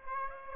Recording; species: mosquito wingbeat signal from an infrared sensor; Aedes aegypti